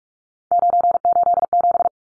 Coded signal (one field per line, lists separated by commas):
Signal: Morse code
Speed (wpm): 44 wpm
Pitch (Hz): 700 Hz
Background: none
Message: 987